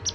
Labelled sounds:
Palm Warbler (Setophaga palmarum) flight call

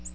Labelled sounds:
Ovenbird (Seiurus aurocapilla) flight call

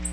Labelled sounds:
Black-throated Blue Warbler (Setophaga caerulescens) flight call

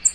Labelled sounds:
American Redstart (Setophaga ruticilla) flight call

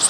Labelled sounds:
Blue-winged Warbler (Vermivora cyanoptera) flight call

